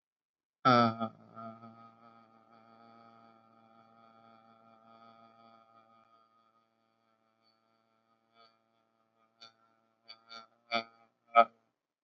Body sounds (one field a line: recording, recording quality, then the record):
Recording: sustained vowel as in made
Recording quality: excellent, no background noise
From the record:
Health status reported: healthy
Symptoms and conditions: none ticked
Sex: male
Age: 19 years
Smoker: not ticked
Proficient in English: yes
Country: India